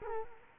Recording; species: mosquito wingbeat signal from an infrared sensor; Culex quinquefasciatus